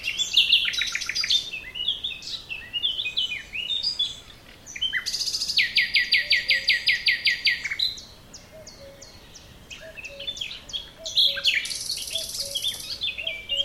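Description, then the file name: Common nightingale song: rich, varied phrases of chirps and sweeping whistles, with a rapid run of repeated notes midway; faint low notes repeat in the background. "Luscinia megarhynchos"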